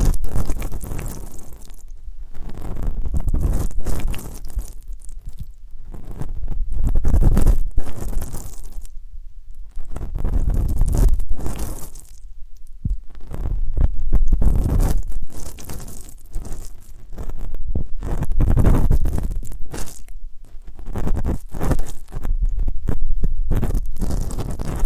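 Ear canal and eardrum cleaning, heard as deep, muffled rustling and scraping that comes in bursts with brief silent gaps, around every second or two. Soft crackles and pops break through, and low rumbling thuds sit beneath the whole 25 seconds.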